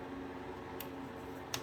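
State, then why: Not seated. The latch lever on the lid of a gasket-sealed metal surplus first aid box is pushed down, giving two brief sharp ticks at about 0.8 s and 1.5 s over a steady low hum. Although the lever is down, the latch has not caught, so the lid has not latched and the box does not seal.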